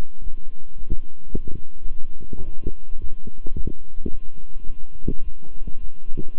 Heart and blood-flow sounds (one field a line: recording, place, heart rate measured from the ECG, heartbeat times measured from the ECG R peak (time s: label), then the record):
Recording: heart sounds by stethoscope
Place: between the tricuspid and mitral areas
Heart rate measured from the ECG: 107 bpm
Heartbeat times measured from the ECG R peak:
0.22 s: heartbeat
0.76 s: heartbeat
1.32 s: heartbeat
1.87 s: heartbeat
2.43 s: heartbeat
2.99 s: heartbeat
3.55 s: heartbeat
4.10 s: heartbeat
4.66 s: heartbeat
5.22 s: heartbeat
5.79 s: heartbeat
6.37 s: heartbeat
From the record:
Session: walking at 3.7 km/h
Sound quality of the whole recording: good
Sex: male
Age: 26 years